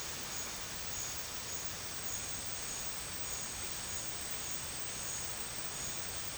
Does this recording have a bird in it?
no